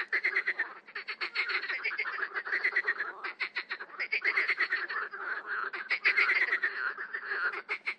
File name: grenouille rieuse